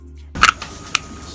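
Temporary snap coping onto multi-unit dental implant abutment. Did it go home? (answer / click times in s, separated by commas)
yes / 0.4 s, 1.0 s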